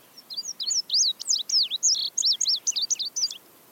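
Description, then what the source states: Indigo Bunting song: a bright, high run of paired, sliding notes in quick succession against a quiet background. Indigo Buntings were used in 1960s–70s planetarium experiments in Flint, Michigan, showing they navigate during night migration by the stars, especially the North Star.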